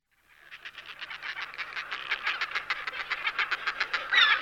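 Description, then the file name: Northern fulmar giving a rapid, throaty cackle of regular pulses that swells from quiet to louder, with a harsher burst at the very end. "buřňák-lední"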